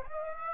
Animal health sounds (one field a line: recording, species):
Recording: mosquito wingbeat signal from an infrared sensor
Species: Aedes aegypti